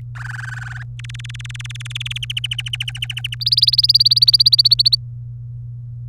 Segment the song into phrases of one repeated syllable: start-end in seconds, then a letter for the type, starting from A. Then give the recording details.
0.15-0.83 A, 0.99-2.18 B, 2.23-3.35 C, 3.41-4.95 D. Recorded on 23 April 2018 at 17:38. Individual llb3